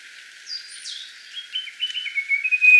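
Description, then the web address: Russet-crowned warbler song starting with a few high slurred notes, then a series of short whistles. Recorded in Ecuador. "Natures Songs S America Birds of Ecuador. Russet-Crowned Warbler"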